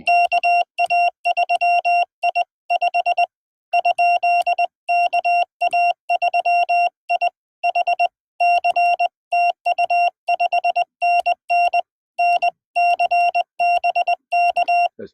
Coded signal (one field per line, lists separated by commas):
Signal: Morse code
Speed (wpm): 20 wpm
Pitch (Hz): 690 Hz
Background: none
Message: KA3I 5? KA3I HC TU 5NN NC BK